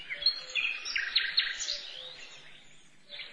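A run of bright, squawking calls from a red parrot and a green parrot, with sharp rising and falling chirps, fairly loud and continuous for a few seconds, heard on their own without talk.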